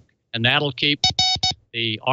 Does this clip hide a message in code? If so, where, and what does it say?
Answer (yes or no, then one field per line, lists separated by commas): no